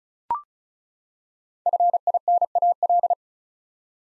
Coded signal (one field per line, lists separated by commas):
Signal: Morse code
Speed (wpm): 34 wpm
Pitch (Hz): 700 Hz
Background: none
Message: FINAL